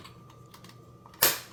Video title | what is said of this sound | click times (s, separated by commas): From Ugly to WOW: DIY LED Kitchen Lighting Makeover! | snaps right into place. | 1.2 s